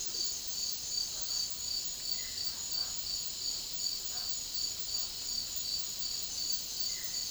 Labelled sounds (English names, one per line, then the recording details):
none
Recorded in dense forest near Puerto Asís, Putumayo, Colombia, on 20 February 2024 at 09:00
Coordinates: 0.500, -76.322
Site G6465